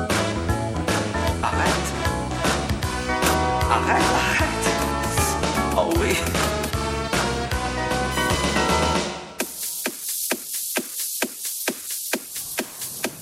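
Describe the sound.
A Friday evening at a bowling alley, with loud music filling the first nine seconds: a steady beat, thick bass and busy tones, with voices possibly mixed in. Around nine seconds the music cuts out, leaving sharp, bright clacks repeating quickly and regularly until the end.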